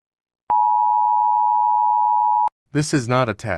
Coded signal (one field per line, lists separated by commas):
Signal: Emergency Alert System (SAME) tones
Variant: 853 and 960 Hz attention tone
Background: speech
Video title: The Z Virus - an EAS scenario